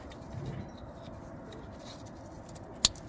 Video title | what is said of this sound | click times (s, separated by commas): change oil pressure sensor 2013 Ford explorer | Just like that, clicked. | 2.9 s